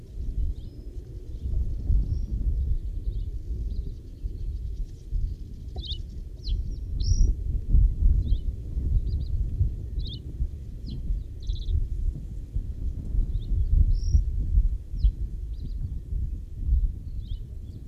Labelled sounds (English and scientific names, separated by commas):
Reed Bunting (Emberiza schoeniclus) song